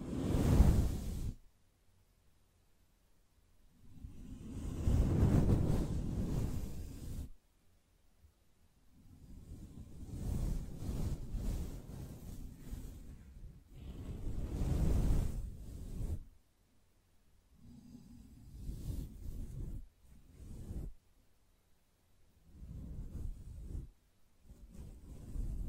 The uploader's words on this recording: ASMR Gently Brushing Your Brain (No Talking).